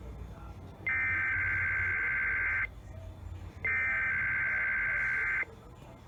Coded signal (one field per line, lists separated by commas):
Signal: Emergency Alert System (SAME) tones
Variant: header bursts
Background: speech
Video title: Early Season Fire Warnings (EAS #2923-2927)